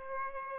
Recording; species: mosquito wingbeat signal from an infrared sensor; Aedes aegypti